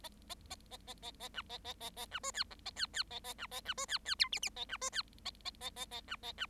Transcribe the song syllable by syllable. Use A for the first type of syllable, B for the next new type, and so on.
A A A A A A A B A A A A B C D E A D D A A B A B C D D F G G A B C D A A A A A B A B